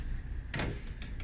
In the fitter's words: It just snaps on.